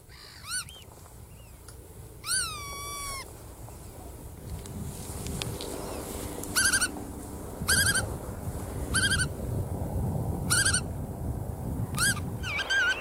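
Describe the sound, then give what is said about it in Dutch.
An owl calls repeatedly, giving short, high, harmonic bursts at roughly regular intervals over a steady low rumble, with a couple of longer wavering cries near the start. “Nee, daar is het kenmerkende gutto-geluid.”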